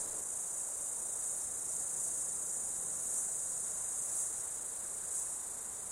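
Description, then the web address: Insects in a continuous shrill high-pitched chorus, steady with faint periodic swells. Insects during an Australian summer, outdoors. "Foundation 1 AMBIENCE AUSTRALIAN SUMMER INSECTS"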